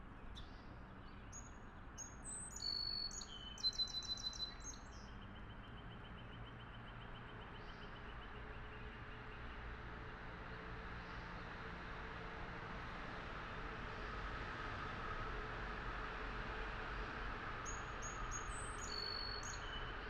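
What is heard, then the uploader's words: A backyard morning in Wakefield, Rhode Island, with a steady low rumble of traffic filling the whole clip. A bird sings a quick, bright, trilling phrase around three to four seconds in, and again near the end, with faint chirps in between. Morning in Wakefield Rhode Island, Backyard. Recorded on MixPre 10ii with AKG C414 XLS Matched Pair.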